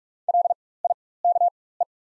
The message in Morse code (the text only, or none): LIKE